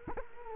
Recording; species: mosquito wingbeat signal from an infrared sensor; Culex quinquefasciatus